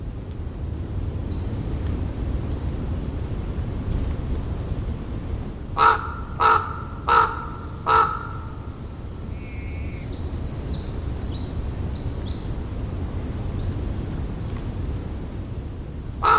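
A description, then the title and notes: Ravens call off a foggy Oregon shore: a run of four loud, hoarse croaks comes around the sixth to eighth seconds, with one more at the very end. Underneath, a steady low rumble of surf and wind fills the scene, with faint chirps. Ravens off the fog drenched shores of the Oregon coast. These sounds were recorded by Gordon Hempton the Sound Tracker and co-founder of Quiet Parks International .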